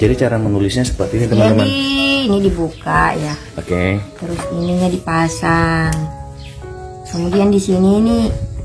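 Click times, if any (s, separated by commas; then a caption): none. A braille writing slate is being handled and opened, and paper is fitted into it before the frame is pressed closed to lock onto the paper. Someone talks throughout over music in the background. Nothing has seated or clicked yet; the clip ends before the slate locks.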